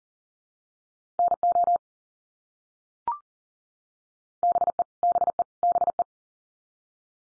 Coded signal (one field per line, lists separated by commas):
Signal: Morse code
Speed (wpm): 40 wpm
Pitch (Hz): 700 Hz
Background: none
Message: NO BE BE BE